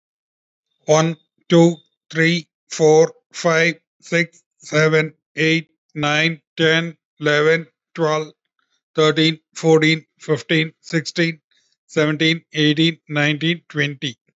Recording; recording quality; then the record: counting at a normal pace; excellent, no background noise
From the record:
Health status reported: healthy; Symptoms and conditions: diabetes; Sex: male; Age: 50 years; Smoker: yes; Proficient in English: yes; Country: India